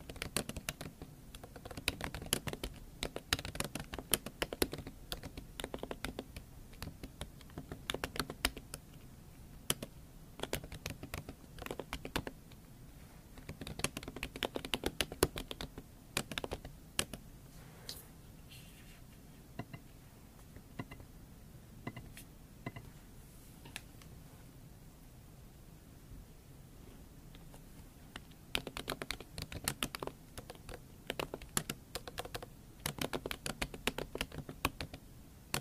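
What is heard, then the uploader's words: Scratching and tapping sounds, ASMR style: a dense run of quick, crisp clicks like fingers typing or tapping on a hard surface. It is busiest at the start and again after about 28 seconds, thinning to sparser taps in the middle, over a low steady hum. Scratching & Tapping ASMR.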